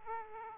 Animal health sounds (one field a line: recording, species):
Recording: mosquito wingbeat signal from an infrared sensor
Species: Aedes aegypti